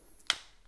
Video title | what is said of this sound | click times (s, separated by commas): Kryptonite Incite X8 Bike Headlight Review - feat. Anti-Glare + 80 Lux + LCD Display + Side Lights | snap it down and hear the click. | 0.3 s